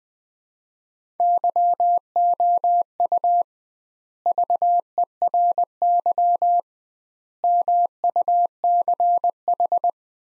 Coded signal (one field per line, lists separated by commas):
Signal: Morse code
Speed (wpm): 20 wpm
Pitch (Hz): 700 Hz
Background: none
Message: YOU VERY MUCH